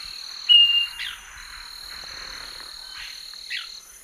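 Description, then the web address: Scaly-breasted Wren song: a lone clear whistled note early on, then continuous shrill insect trilling with a few short sweeping chirps. Song recorded in the eastern lowlands of South America. "Natures Songs S America Eastern Lowlands Microcerculus marginatus, song"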